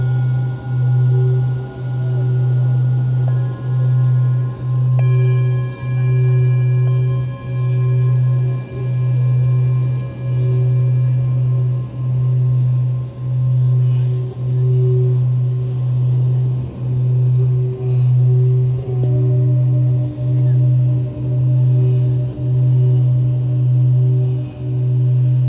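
A singing bowl hums with a deep, steady tone that throbs in even pulses about once a second. Higher ringing overtones hang above it, with new pitches entering near 5 and 19 seconds, over a soft, constant wash of waves.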